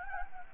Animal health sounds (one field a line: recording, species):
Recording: mosquito wingbeat signal from an infrared sensor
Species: Anopheles gambiae